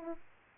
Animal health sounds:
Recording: mosquito wingbeat signal from an infrared sensor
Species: Aedes aegypti

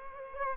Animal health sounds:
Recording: mosquito wingbeat signal from an infrared sensor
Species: Culex quinquefasciatus

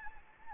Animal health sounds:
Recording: mosquito wingbeat signal from an infrared sensor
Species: Anopheles arabiensis

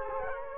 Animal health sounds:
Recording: mosquito wingbeat signal from an infrared sensor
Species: Culex quinquefasciatus

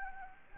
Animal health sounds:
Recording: mosquito wingbeat signal from an infrared sensor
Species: Anopheles gambiae

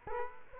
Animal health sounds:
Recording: mosquito wingbeat signal from an infrared sensor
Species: Culex quinquefasciatus

